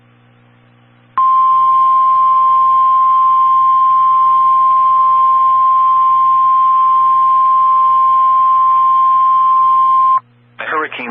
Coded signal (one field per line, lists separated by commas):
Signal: Emergency Alert System (SAME) tones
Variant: 1050 Hz attention tone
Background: speech